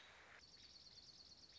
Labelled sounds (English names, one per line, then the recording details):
American Robin
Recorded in Sonoma County, California